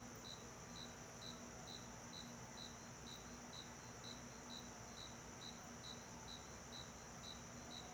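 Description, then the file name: Cricket chirping in short high pulses, about two per second, steady throughout, over a constant low hum like an air conditioner and faint background sound. Night ambience in a small-town backyard, with an air conditioner running. "Ambiencia quintal de cidade pequena a noite com grilo, ar condicionado e musica longe"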